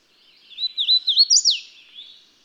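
Bird singing a bright phrase of curling whistled notes that build to a high peak and slide sharply downward, trailing off softly.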